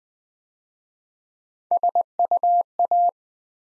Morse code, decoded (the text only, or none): SUA